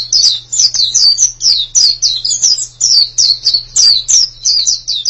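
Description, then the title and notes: White-eye song: continuous high twittering, fast slurred notes grouped in short bursts, with a soft low hum in the background. "Suara kicauan burung pleci"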